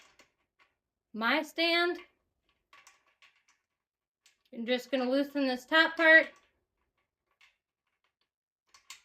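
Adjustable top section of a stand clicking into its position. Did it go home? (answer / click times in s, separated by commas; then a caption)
yes / 8.9 s. Someone talks while loosening the adjustable top part of a stand and moving it until it clicks into position. Faint ticks and taps are heard, then two short ticking hits at the end, the louder at 8.9 s, when the top section seats in place.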